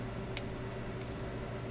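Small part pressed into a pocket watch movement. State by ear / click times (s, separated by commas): not seated / none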